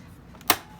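A metal stitch plate is seated on the left side of a sewing machine bed and pressed down until it pops into place. Two faint ticks come before one strong, sharp click at 0.5 s, after which the plate is seated.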